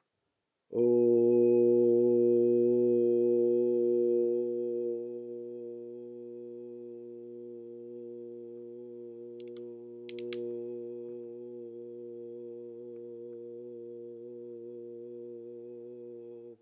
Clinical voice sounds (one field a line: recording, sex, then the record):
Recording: sustained vowel /u/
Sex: male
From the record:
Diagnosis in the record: healthy control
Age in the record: 68 years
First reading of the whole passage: 59 s, 8.4 characters per second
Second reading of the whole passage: 56 s, 8.8 characters per second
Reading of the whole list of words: 34 s, 8.3 characters per second